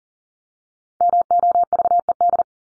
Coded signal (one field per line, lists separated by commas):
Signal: Morse code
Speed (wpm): 40 wpm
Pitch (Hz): 700 Hz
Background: none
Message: MOVED